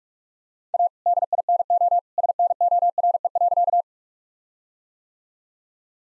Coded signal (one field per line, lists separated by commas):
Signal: Morse code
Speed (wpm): 41 wpm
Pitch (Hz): 700 Hz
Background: none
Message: A DINO SNORE.